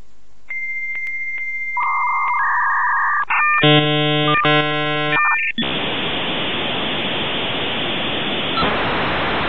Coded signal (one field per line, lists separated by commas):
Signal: dial-up modem handshake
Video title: Modem